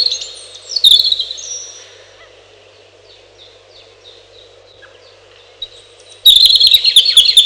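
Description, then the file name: European robin song: a short bright burst, a long run of quiet, high, trickling notes, then a loud rapid twittering flourish at the end; low hum throughout. "малиновка"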